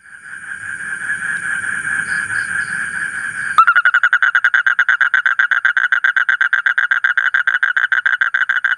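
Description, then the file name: Asian common toad: after a low rumbling background, a quick, regular pulsed trill begins abruptly and continues to the end. "suara kodok bangkong kolong kodok buduk"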